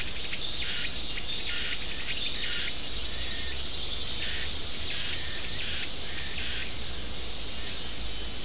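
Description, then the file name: Insect chirping in short buzzy pulsed bursts, repeated in an uneven series over a steady high hiss, with a few faint thin high notes and low rumbling background noise. "mainly insect"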